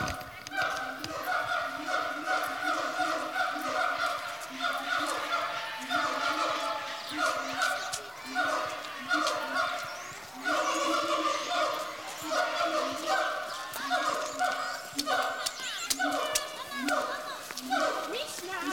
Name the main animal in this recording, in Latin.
Symphalangus syndactylus